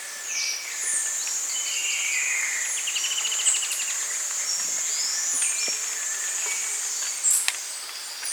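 Bird calls in a dense chorus: a fast trill near the middle, high thin whistles and chirps overlapping throughout, with a steady insect-like hiss.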